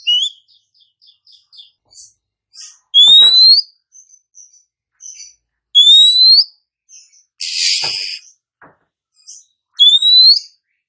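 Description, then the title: Oriental magpie-robin mixing soft chipping notes with loud upslurred whistles, repeated several times, and one harsh grating burst in the middle. Female call used as a lure to provoke males; any male is said to answer quickly and fight. "Kacer Langsung Tarung Konslet KACER NGOTOT FULL TEMBAKAN. KACER MANAPUN DIJAMIN NYAUT TIDAK PAKEK LAMA DENGAN PIKAT SUARA KACER BETINA INI"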